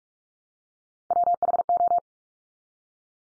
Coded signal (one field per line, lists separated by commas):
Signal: Morse code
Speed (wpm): 44 wpm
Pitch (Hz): 700 Hz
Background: none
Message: WHO